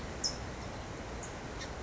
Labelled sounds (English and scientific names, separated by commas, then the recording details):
California Towhee (Melozone crissalis)
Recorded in Sonoma County, California